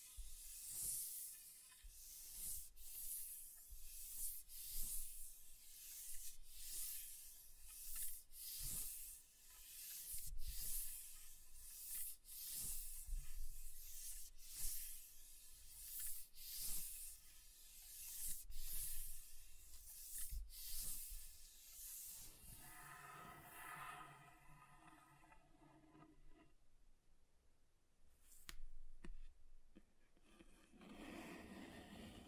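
Scratching across a table surface in rhythmic strokes, each a bright, rasping scrape repeating roughly every second or two for the first twenty-two seconds. Afterward the texture changes to a softer, lower, more muffled rubbing with scattered faint clicks and ticks.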